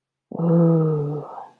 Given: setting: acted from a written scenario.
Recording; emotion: vocal sound without words; contentment